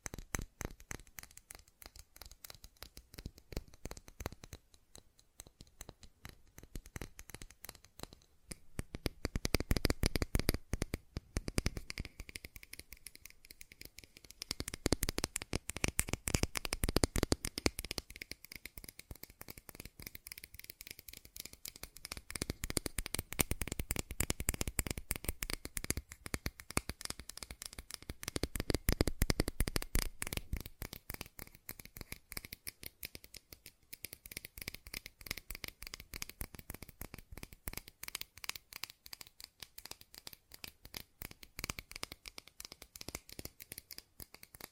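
Fast tapping runs the whole time as a dense stream of quick, sharp clicks, with a crisp, papery quality like shuffled cards. The pace stays rapid but the loudness rises and falls in bursts, strongest around ten, fifteen to thirty, and forty seconds.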